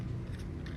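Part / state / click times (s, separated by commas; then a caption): top cover onto a battery pack housing / not seated / none. The top cover of a rechargeable Q-optics battery pack is lined up and pressed onto the pack housing during a battery replacement. Only steady low rumble and faint handling noise are heard, with no sharp transient. Nothing has seated or clicked yet.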